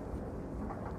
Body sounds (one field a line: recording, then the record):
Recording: background sound without coughing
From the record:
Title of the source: Train Ride Ambience ambient white noise for sleeping, focus, studying, reading